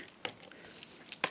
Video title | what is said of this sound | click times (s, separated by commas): DOTM delxe class starscream review | clipser ils savent bien voilà | 1.2 s